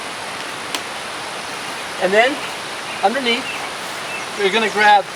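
A snap fastener on a corner of the tent fabric is lined up and pressed onto its stud on the trailer, giving a short sharp snap at 0.8 s as it seats closed. Steady broadband noise runs throughout, and afterward someone talks.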